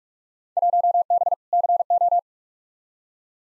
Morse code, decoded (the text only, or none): 1B CO